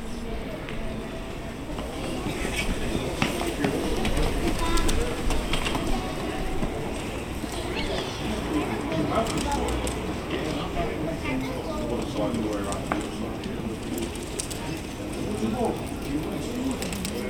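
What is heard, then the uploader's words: Steady murmur of people talking in an open square, with clinks and short clatters scattered throughout and a low, constant background rumble. Bell Green: Friday morning in Riley Square. It’s cold and cloudy in Riley Square. The recordings were captured using a binaural microphone between January and April 2022.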